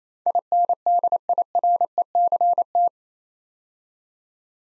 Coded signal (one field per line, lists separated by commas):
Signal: Morse code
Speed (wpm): 27 wpm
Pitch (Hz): 700 Hz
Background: none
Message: INDIRECT